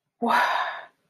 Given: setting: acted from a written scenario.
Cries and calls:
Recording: vocal sound without words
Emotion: contempt

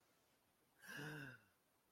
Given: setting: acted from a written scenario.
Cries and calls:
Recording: vocal sound without words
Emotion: negative surprise

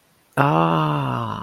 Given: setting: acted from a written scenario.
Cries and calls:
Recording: vocal sound without words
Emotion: realization

